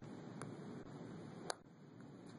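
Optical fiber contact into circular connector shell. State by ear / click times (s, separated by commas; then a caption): seated / 1.5 s. An optical fiber contact, a Winchester Electronics Expanded Beam EL contact, is pushed with an insertion tool through a rubber grommet into the cavity of a circular connector shell. A short, sharp click at 1.5 s marks the retention clip seating, with a few fainter ticks around it. The contact is seated, and then the tool is withdrawn.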